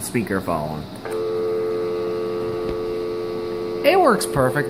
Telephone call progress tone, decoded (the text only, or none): dial tone